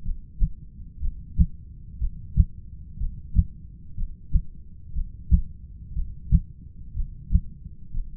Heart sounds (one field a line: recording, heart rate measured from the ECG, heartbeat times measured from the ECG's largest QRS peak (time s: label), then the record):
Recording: heart sounds by stethoscope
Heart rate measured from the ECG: 61 bpm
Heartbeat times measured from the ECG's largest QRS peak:
0.03 s: heartbeat
1.00 s: heartbeat
1.99 s: heartbeat
2.98 s: heartbeat
3.95 s: heartbeat
4.93 s: heartbeat
5.94 s: heartbeat
6.94 s: heartbeat
7.92 s: heartbeat
From the record:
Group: heart failure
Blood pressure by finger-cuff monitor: 90/55 mmHg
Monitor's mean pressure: 68 mmHg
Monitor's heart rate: 60 bpm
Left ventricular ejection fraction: 25%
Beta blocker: metoprolol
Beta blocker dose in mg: 62.5 twice daily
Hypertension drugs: ramipril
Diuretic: furosemide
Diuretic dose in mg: 40 twice daily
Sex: male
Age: 57 years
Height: 180 cm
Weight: 90.5 kg